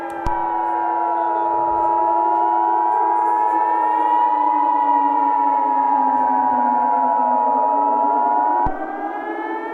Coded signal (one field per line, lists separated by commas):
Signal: Emergency Alert System (SAME) tones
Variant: 853 and 960 Hz attention tone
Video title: EAS Scenario Alien Invasion